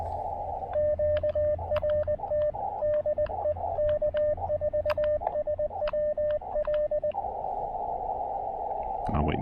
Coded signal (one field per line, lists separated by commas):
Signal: Morse code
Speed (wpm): 20 wpm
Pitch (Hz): 590 Hz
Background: speech, radio noise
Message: QRT DE K4SWL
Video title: A speedy QRP park activation with the Elecraft KX2 and AX1 at the BRP Folk Art Center!